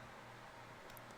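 A microSD card is pushed into the card slot of an Android TV box and clicks into place at 0.97 s, with a short, faint high-pitched tick over steady low background noise. The card is seated.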